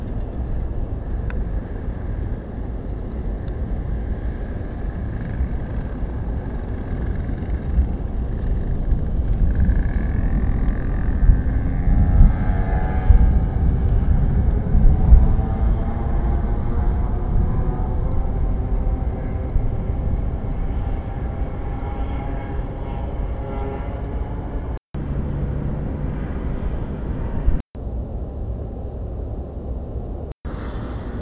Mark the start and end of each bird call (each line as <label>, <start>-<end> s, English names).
European Pied Flycatcher, 1.04-1.16 s
unidentified bird, 2.87-2.96 s
European Pied Flycatcher, 3.93-4.29 s
European Pied Flycatcher, 7.79-7.97 s
European Pied Flycatcher, 8.84-9.27 s
European Pied Flycatcher, 11.21-11.32 s
European Pied Flycatcher, 13.41-13.58 s
European Pied Flycatcher, 14.66-14.79 s
European Pied Flycatcher, 19.04-19.44 s
European Pied Flycatcher, 23.25-23.37 s
European Pied Flycatcher, 25.98-26.10 s
European Pied Flycatcher, 27.84-28.60 s
unidentified bird, 28.88-28.93 s
European Pied Flycatcher, 29.76-29.89 s